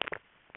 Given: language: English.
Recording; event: throat vibration sensor signal played as sound; swallow